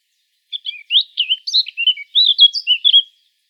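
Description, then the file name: Eurasian blackcap song: a brisk run of varied twittering notes and short fluty whistles lasting about two and a half seconds, with no other sounds audible. "Sylvia atricapilla"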